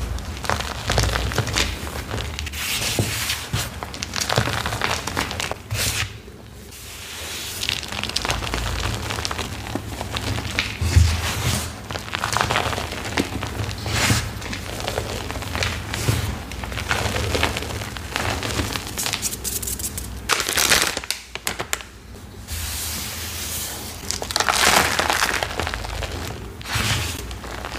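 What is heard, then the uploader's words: Watermelon ASMR: wet crunching and crinkly tearing sounds come in dense, uneven bursts, with brief quieter pauses near six and twenty-one seconds. Watermelon ASMR.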